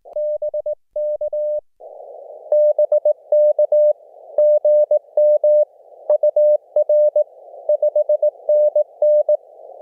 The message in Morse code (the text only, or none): BK BK GM UR 5NN